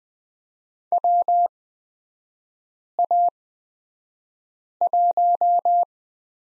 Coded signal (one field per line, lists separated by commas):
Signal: Morse code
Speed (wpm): 20 wpm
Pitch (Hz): 700 Hz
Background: none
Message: WA1